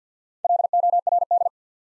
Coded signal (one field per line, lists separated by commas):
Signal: Morse code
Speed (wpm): 51 wpm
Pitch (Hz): 700 Hz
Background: none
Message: LORD